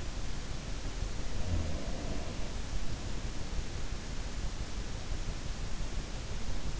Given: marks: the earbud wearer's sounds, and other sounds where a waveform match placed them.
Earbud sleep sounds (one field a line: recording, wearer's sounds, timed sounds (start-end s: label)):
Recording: sounds in sleep by an in-ear microphone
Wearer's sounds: breath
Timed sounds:
1.30-4.16 s: breath